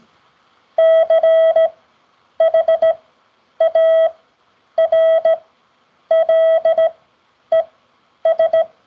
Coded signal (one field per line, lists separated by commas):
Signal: Morse code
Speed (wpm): 16 wpm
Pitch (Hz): 650 Hz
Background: none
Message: CHARLES